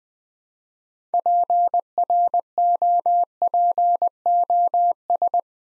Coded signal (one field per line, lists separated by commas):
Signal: Morse code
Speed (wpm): 21 wpm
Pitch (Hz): 700 Hz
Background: none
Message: PROPOS